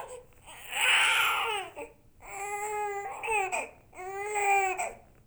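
Three rhythmic infant cry bursts, each about a second long, with a clear, high-pitched tone that bends downward at the end of each wail. Short breaths separate the cries. It is a typical baby cry.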